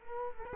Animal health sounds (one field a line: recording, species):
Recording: mosquito wingbeat signal from an infrared sensor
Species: Culex quinquefasciatus